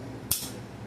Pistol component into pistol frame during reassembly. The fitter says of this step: Hear that little click and you're right back there.